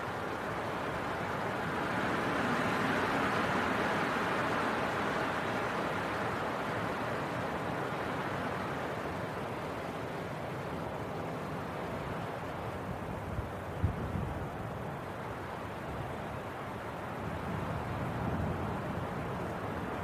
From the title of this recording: Winter Wind Storm